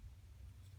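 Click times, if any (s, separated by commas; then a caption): none. A small lock nut that holds a lamp shade is handled on the lamp's threaded shade holder, being turned backwards to find the thread start so it won't cross-thread. Only a steady low rumble is heard. Nothing has seated or clicked yet.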